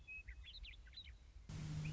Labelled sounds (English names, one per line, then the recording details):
Western Meadowlark
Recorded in Sonoma County, California